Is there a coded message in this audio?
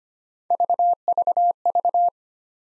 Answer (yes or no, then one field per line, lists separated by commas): no